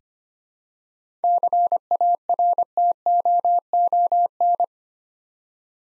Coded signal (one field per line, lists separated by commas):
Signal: Morse code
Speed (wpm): 25 wpm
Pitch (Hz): 700 Hz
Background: none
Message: CARTOON